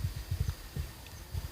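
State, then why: Not seated. A rotary magazine is being handled into the receiver of a PCP Tactical Predator air rifle, white side to the rear. Soft, dull low-pitched thumps and bumps come in small bursts around 0.0–0.5 s, near 0.8 s and again around 1.3–1.5 s, over a faint steady hum. Nothing has seated or clicked yet; the magazine is not yet home.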